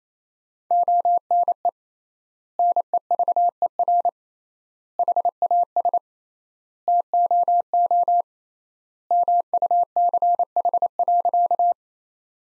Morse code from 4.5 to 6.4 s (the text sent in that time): HAS